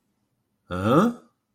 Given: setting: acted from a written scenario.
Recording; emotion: vocal sound without words; confusion